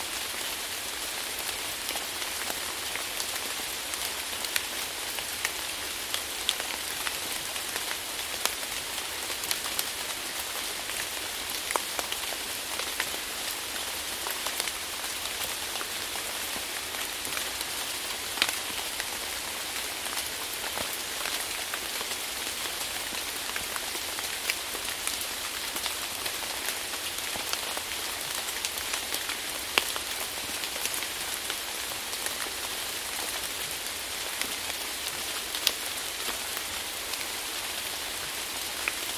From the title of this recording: Tropical Rain Sounds & Relaxing Nature